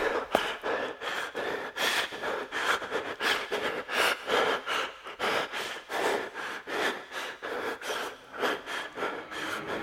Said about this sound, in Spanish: Volvió sobre sus pasos, subió apresuradamente las escaleras, y ya en la puerta de su casa, se detuvo jadeante.